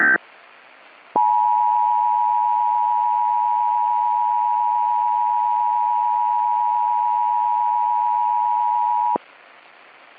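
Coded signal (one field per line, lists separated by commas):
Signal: Emergency Alert System (SAME) tones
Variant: 853 and 960 Hz attention tone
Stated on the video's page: Fictional EAS scenario portraying the film's events, with alerts modeled on 2004-era products.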